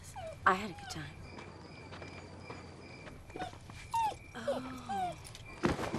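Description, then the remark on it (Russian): A puppy named Benny yaps and whines in several short, high-pitched bursts scattered across a few seconds as a girl greets it, with some yelps rising into thin squeaky whimpers over a low background hum. “Девушка приветствует своего щенка.”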